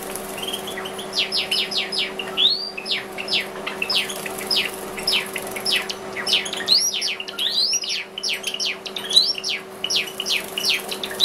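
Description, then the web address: Java sparrow chirping calls, dense bursts of short high chips and upswept notes tumbling over each other almost continuously, with a steady low hum underneath. "risovye amadiny. padda oryzivora"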